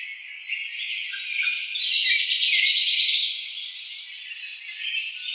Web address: House Wren 2007 01 04 House Wren 02